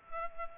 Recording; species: mosquito wingbeat signal from an infrared sensor; Culex pipiens